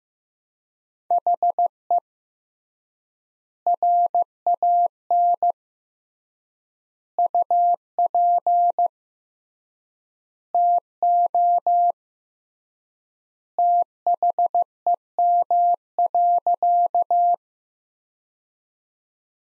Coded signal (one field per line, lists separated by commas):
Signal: Morse code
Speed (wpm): 15 wpm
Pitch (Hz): 700 Hz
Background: none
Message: HE RAN UP TO THEM.